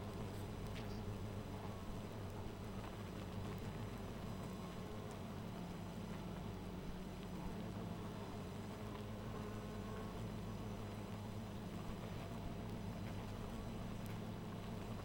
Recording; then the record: honeybee colony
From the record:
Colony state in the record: missing queen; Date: 14 July 2017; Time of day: 1:50